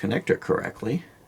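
A remote-switch cable connector is lined up to be pressed into the port of a Viridian X5L RS weapon light/laser module while someone talks. Only speech is heard, and nothing has seated or clicked yet.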